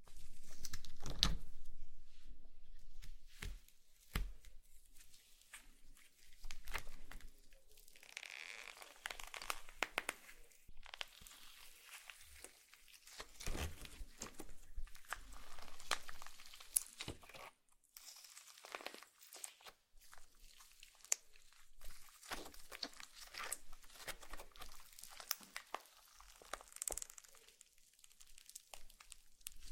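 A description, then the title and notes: Slime is worked, giving a steady run of sticky crackles, pops and crunchy squelches. The sounds come in irregular bursts with brief silent gaps, loudest in the first couple of seconds and again around the middle. ASMR SLIME SATISFYING - NO TALKING.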